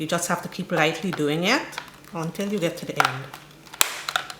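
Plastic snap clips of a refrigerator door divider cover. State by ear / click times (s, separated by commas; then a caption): released / 3.8 s, 4.1 s, 4.2 s. Someone talks while working along the plastic housing of a Samsung refrigerator double door divider cover, opened for a spring replacement, until its last plastic snap clips release. Sharp clip clicks sound at 3.8, 4.1 and 4.2 seconds, and the divider cover is now fully open.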